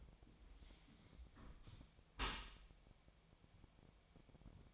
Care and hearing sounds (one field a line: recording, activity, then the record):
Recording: daily activity, microphone in the room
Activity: close dishwasher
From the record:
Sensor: 1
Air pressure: 1006.8 hPa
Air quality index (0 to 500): 208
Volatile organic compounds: 24 ppm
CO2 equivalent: 2808 ppm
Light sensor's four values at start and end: 12/32/13/14 and 12/32/13/14